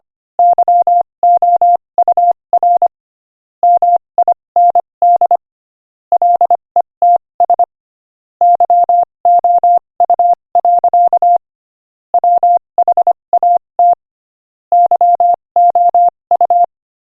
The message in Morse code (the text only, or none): YOUR MIND LETS YOU. WHAT YOU